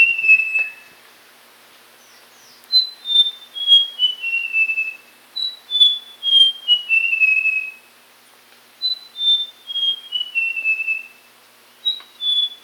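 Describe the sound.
Papuan logrunner song: clear whistled phrases of five or six notes stepping down in pitch, repeated about every three seconds with brief pauses between.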